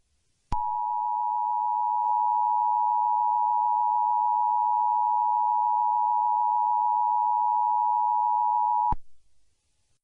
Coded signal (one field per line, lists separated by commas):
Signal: Emergency Alert System (SAME) tones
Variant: 853 and 960 Hz attention tone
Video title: EAS Scenario - Apocalyptic Weather